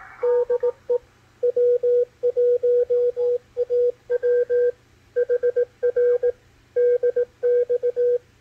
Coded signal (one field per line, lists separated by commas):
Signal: Morse code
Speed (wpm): 18 wpm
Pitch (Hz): 490 Hz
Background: radio noise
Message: DE W1AW HR DX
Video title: W1AW CW BULLETIN DECODE - MACHILITE DSP SDR RECEIVER 10-14-2021